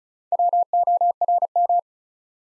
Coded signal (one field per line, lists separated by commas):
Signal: Morse code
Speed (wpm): 36 wpm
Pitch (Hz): 700 Hz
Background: none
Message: WORM